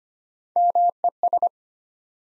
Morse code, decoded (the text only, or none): MES